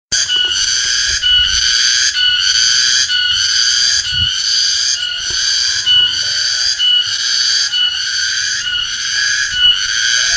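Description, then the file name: Cicada calling with a steady, shrill buzz that swells and dips repeatedly, with faint other sounds underneath. "tonggeret"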